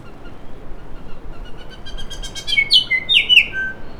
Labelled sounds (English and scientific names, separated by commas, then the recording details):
New Zealand Bellbird (Anthornis melanura) song
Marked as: Stutter(decurved), Stutter(alarmy), Nailpolish, Down(notched), Pipe(hi+tinystepup1), Down(CUV1), Down(CUV2), Pipe(F#[6]+)
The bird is a female
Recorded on Cuvier Island, New Zealand, on 4 November 2016
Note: StutterTypCuvSongOver